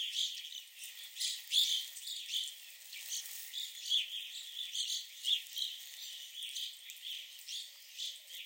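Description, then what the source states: Evening grosbeaks giving a busy stream of high chirping calls, overlapping from several birds, almost continuous through the stretch. Several birds at the Sax-Zim Bog Visitor Center.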